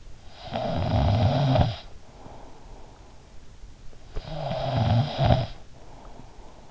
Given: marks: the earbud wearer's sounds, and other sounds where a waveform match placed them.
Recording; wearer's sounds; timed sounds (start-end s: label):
sounds in sleep by an in-ear microphone; snoring breath
0.12-2.92 s: snoring breath
3.63-6.71 s: snoring breath